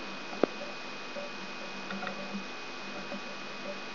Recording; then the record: brain microelectrode recording played as sound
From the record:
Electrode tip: outside the subthalamic nucleus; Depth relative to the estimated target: -6 mm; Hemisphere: right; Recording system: AlphaMap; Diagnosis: Parkinson's disease